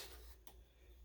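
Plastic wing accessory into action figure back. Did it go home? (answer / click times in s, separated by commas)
yes / 0.5 s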